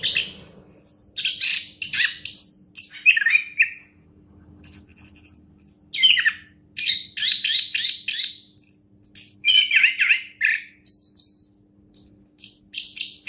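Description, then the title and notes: Orange-headed thrush song, a continuous run of high, varied whistled and scratchy phrases with sharp chatters and falling notes, broken by short pauses around four and eleven seconds. Described as a national champion songbird; kicau anis kembang, the song of the orange-headed thrush. "Anis Kembang Juara Nasional. kicau anis kembang"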